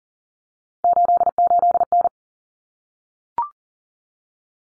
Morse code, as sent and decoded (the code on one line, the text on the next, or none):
---.. ---.. -.
88N